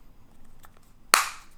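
The plastic halves of a red key fob shell for a Jeep SRT are pressed back together around the fob's internals. After a faint tick at 0.7 s, a sharp, loud click at 1.1 s rings out briefly, showing the shell has snapped into place.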